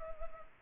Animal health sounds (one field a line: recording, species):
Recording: mosquito wingbeat signal from an infrared sensor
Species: Culex pipiens